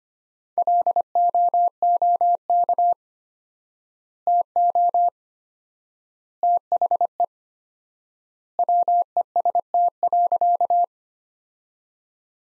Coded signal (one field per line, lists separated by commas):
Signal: Morse code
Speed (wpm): 25 wpm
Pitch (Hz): 700 Hz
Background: none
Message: LOOK TO THE WEST.